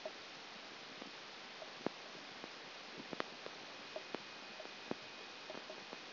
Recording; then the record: brain microelectrode recording played as sound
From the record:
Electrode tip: outside the subthalamic nucleus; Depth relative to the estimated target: -8 mm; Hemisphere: left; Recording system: AlphaMap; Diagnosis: Parkinson's disease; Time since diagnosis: 11 years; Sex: female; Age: 60 years